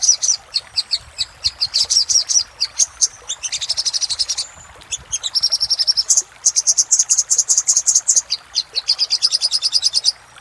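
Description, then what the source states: Little spiderhunter song: dense, rapid high chips run together into buzzy trills, with a thin whistle and only short breaks. Used for training cage birds.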